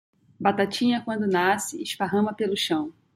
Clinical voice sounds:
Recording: short text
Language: Brazilian Portuguese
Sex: female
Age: 40 to 49 years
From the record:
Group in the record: control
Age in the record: 41 years

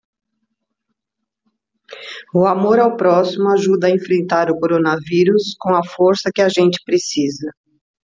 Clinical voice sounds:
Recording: spoken sentence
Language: Brazilian Portuguese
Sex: female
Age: 60 to 69 years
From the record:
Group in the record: control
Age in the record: 62 years

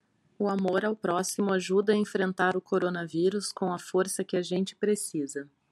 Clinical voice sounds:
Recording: spoken sentence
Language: Brazilian Portuguese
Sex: female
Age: 40 to 49 years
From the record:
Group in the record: control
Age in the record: 41 years

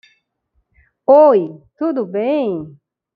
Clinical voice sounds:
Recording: short text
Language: Brazilian Portuguese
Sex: female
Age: 50 to 59 years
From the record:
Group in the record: control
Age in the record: 53 years

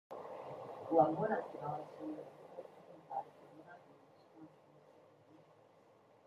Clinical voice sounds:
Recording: spoken sentence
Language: Brazilian Portuguese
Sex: female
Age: 40 to 49 years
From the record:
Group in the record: control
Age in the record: 45 years

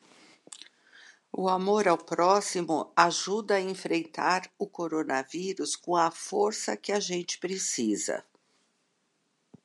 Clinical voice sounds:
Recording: spoken sentence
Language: Brazilian Portuguese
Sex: female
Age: 50 to 59 years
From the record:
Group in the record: control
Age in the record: 59 years

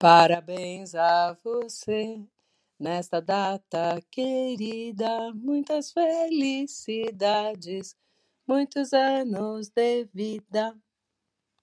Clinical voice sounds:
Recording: short text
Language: Brazilian Portuguese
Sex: female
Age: 50 to 59 years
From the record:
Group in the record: control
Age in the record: 59 years

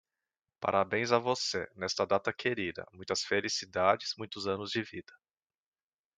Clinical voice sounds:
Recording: short text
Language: Brazilian Portuguese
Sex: male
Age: 30 to 39 years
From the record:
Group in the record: control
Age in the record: 34 years

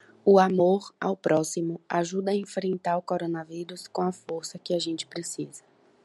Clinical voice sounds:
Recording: spoken sentence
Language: Brazilian Portuguese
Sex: female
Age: 20 to 29 years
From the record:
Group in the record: control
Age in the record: 23 years

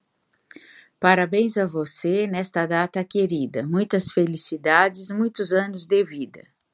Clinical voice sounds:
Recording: short text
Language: Brazilian Portuguese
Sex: female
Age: 50 to 59 years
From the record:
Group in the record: control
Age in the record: 55 years

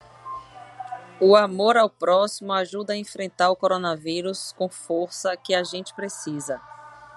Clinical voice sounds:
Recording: spoken sentence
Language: Brazilian Portuguese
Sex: female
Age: 40 to 49 years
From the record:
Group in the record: control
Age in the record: 41 years

